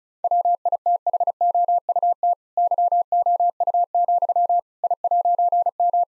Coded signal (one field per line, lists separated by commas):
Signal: Morse code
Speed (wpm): 34 wpm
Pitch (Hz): 700 Hz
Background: none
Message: WITHOUT YOU, I'M